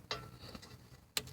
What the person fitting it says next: You heard it pop there. It popped over the rubber seal.